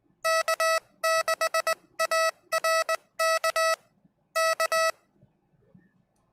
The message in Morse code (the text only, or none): K6ARK K